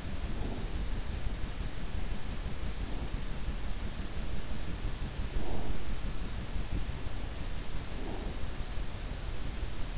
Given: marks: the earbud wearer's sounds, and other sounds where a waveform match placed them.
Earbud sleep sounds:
sounds in sleep by an in-ear microphone; breath
0.00-0.87 s: breath
5.24-5.88 s: breath
7.76-8.62 s: breath

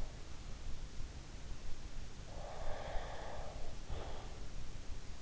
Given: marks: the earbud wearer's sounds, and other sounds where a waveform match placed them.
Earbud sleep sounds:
sounds in sleep by an in-ear microphone; breath
2.20-4.69 s: breath

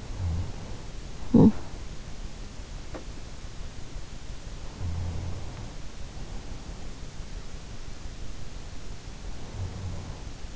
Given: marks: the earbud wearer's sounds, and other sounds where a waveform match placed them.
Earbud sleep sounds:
sounds in sleep by an in-ear microphone; talking in sleep, snoring breath
0.00-1.76 s: talking in sleep
4.91-5.94 s: snoring breath
9.52-10.56 s: snoring breath

